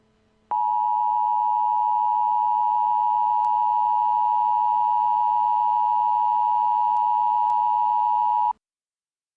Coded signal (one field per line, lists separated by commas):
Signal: Emergency Alert System (SAME) tones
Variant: 853 and 960 Hz attention tone